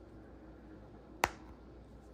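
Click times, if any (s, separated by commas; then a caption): 1.2 s. A plastic washer backing is pressed onto the stem of a plastic safety eye on a crocheted toy, giving one sharp click at 1.2 s over quiet background noise. The backing clicks past the ridges and is seated securely behind them.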